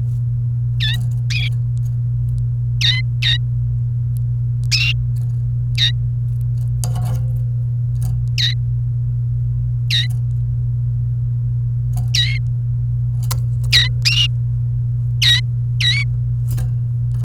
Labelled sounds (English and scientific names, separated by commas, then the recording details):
Domestic Canary (Serinus canaria) song
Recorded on 28 April 2018 at 11:06
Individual llb3